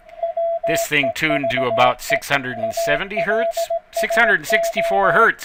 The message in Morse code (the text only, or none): WEVE ALSO